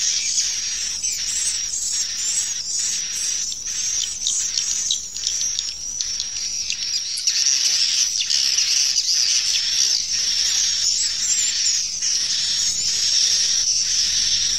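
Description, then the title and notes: Swiftlet chorus of high chirps and twitters, pulsing quickly. Swiftlet calls used in swiftlet bird farming in Asia. "Swiflet Bird Sound. Farming Swiflet Bird asia sound"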